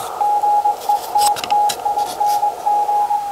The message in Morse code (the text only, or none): GETTING